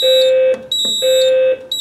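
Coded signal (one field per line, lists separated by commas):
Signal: alarm pattern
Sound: harsh buzzing horn blasts, half a second on, half a second off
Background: small indoor room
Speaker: اگر کوئی دوسرا آلہ الارم میں چلا جائے تو کہیں کہ کسی نے دستی اسٹیشن کو چالو کیا ہے الارم دوبارہ شروع ہو جائے گا۔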